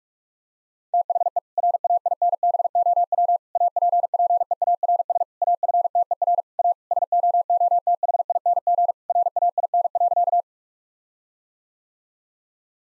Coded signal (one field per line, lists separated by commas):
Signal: Morse code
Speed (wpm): 46 wpm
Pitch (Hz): 700 Hz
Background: none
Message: THE RAINBOW APPEARS AFTER A SOOTHING RAIN.